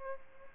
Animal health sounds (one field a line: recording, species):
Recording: mosquito wingbeat signal from an infrared sensor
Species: Aedes albopictus